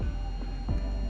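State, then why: Not seated. Music plays while the short Bluetooth antenna's tiny coaxial snap connector is pressed onto the Remote ID module's socket, with only a faint transient around 0.7 s. The connector has not seated or clicked into place yet.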